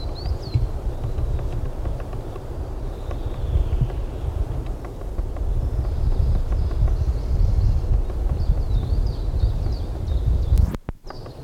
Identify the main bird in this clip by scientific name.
Dendrocopos minor